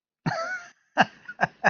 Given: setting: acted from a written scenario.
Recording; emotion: vocal sound without words; amusement